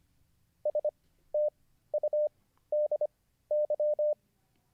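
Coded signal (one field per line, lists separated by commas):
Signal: Morse code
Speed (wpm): 25 wpm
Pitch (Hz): 600 Hz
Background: none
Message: STUDY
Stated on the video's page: Livestreamed Morse code learning lesson.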